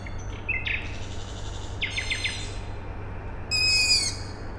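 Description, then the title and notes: Owl chick begging calls, harsh and rich in overtones, mixed with a fast-pulsed bird phrase, all over a continuous low mechanical drone. Owl chicks calling at night, Tuesday 21 May 2019, Siemianowice Śląskie, Poland; nightingale also singing; industrial plant audible in background; recorded with Zoom H5 and Audio-Technica BP4025. "Maciejkowicka , 41-103 Siemianowice Śląskie, Polska - Owl chicks and a nightingale. Wtorek, 21 maja 2019. Noc. Nawoływanie piskląt sowy. Słowik. Kombinat w tle. Nagrania terenowe Siemianowic Śląskich - Dźwiękowy Portret Miasta"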